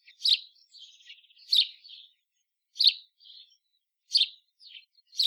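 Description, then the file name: House sparrow giving loud sharp chirps roughly every second or so, interspersed with quieter rattling chatter. "Passer domesticus"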